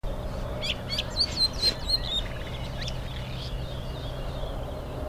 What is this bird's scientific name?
Lanius collurio